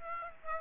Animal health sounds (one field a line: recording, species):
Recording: mosquito wingbeat signal from an infrared sensor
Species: Aedes aegypti